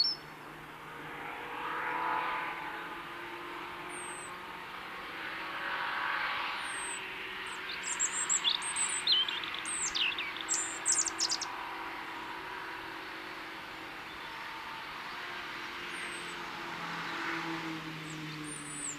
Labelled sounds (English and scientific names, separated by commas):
European Robin (Erithacus rubecula) song